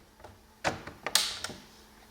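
The plastic hood of a 1/6 scale Capo Racing Samurai (BV2) Sixer 1 RC truck body shell is pressed straight down onto its spring-loaded hood latch, installed earlier, and the latch snaps it shut. Soft handling taps and a rustle come first, then sharp clicks at 1.1 s and 1.2 s as the latch catches, with the hood seated and closed.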